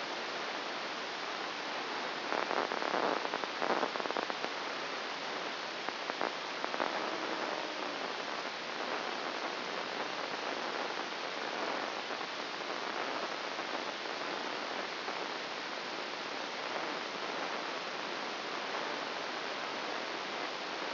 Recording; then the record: brain microelectrode recording played as sound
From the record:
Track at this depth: inside the subthalamic nucleus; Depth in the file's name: 2.004 mm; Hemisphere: left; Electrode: 1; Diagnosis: Parkinson's disease